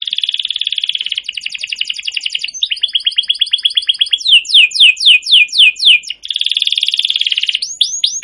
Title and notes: Kenari GACOR PANJANG KENARI LIAR. burung kenari gacor parah